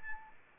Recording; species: mosquito wingbeat signal from an infrared sensor; Anopheles arabiensis